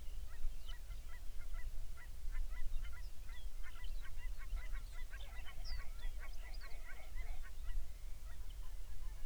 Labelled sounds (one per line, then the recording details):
songbird
waterfowl
grouse or ptarmigan
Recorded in the Arctic National Wildlife Refuge, Alaska, on 23 May 2019 at 06:02
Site 49